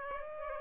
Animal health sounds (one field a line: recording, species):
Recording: mosquito wingbeat signal from an infrared sensor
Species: Aedes aegypti